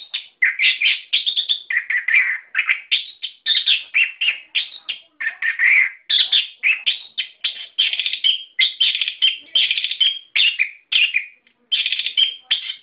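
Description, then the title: Bird chirping almost without pause, a busy stream of bright, quick notes, squeaky tweets and short trills. "SuaraBurung Kicau"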